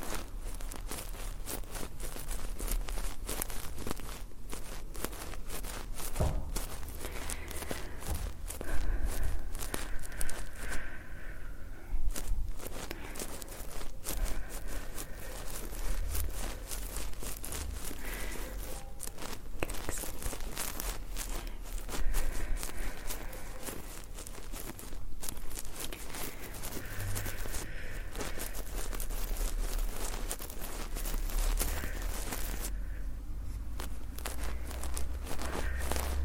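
Layered handling sounds from hand movements: dense, continuous rustling and scraping with many short clicks and crackles throughout. A steady low rumble sits underneath, and brief squeaky tones rise and fall around 6, 16, 23 and 28 seconds, with short lulls near 11 and 33 seconds.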